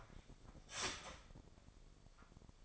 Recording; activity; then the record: daily activity, microphone in the room; start toaster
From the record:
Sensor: 5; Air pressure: 995.3 hPa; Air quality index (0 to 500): 107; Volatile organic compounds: 8 ppm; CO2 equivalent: 2065 ppm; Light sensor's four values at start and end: 35/84/34/34 and 35/83/34/34